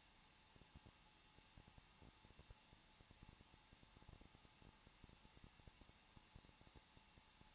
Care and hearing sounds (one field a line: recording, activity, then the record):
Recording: daily activity, microphone in the room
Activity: no activity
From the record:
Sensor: 1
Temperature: 20.1 degrees Celsius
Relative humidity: 39.4%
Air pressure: 1006.4 hPa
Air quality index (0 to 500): 219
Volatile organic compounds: 82 ppm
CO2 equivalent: 3622 ppm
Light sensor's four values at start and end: 1/2/1/1 and 1/2/1/1